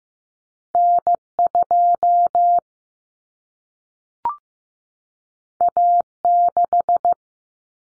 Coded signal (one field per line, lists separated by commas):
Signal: Morse code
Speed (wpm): 15 wpm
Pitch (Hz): 700 Hz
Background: none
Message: N2 A6